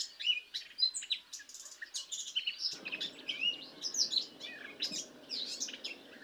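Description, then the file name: Eurasian blackcap, a varied, jumbled warble of chirps and whistled notes; a low background rumble comes in partway through. "Sylvia atricapilla"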